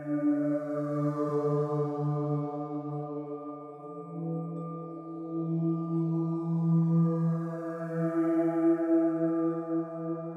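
A sustained Tibetan singing bowl drone with several steady ringing tones stacked from low to high, holding throughout. The lowest tone swells and pulses slowly in loudness, while a faint shimmering wash rises and fades near the beginning and again toward the end.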